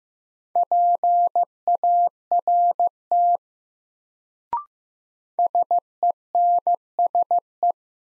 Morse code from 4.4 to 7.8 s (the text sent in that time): SENSE